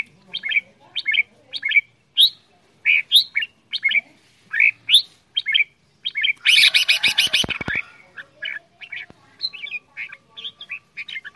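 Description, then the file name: Red-whiskered bulbul singing quick chirpy, slurred whistles in bursts, interrupted midway by a loud clattering rattle, then more scattered notes. Quảng Ngãi, Vietnam; 'che dao' singing style, described as frantic. "tieng chao mao quang ngai che dao giong dien cuong"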